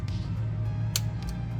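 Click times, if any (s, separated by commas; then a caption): 1.0 s. The terminal lock is pushed by hand into a new automotive connector housing during A750E wiring fixes on a 2005 Tundra. Over a steady low hum, one sharp click lands at 1.0 s, with faint softer ticks around it. The lock seats fully into the connector housing.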